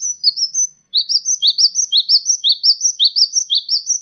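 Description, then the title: Sunbird chirping: rapid high, squeaky notes, each briefly rising and then falling, repeated about three times a second after a short pause. "kicau kolibri"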